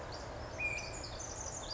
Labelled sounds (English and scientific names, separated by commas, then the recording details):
Pacific Wren (Troglodytes pacificus)
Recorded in Sonoma County, California